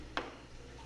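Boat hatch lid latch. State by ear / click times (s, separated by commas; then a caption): partly seated / 0.2 s. A boat compartment lid is pushed down, and its latch gives a single sharp click at 0.2 s as it catches in the first of its two stages. Only this first stage has engaged, leaving the lid not held firmly, loose enough to flip open with a pinky. Faint background noise follows.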